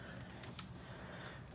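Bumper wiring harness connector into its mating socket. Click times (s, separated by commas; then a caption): 0.4 s, 0.6 s. A plastic bumper wiring harness connector, possibly for a fog light or sensor, is pushed into its mating socket while refitting the front bumper on a 2020 Ford Edge. Two short, sharp clicks at 0.4 s and 0.6 s stand out over a steady low hum, and the connector is seated with its red locking tab pushed forward.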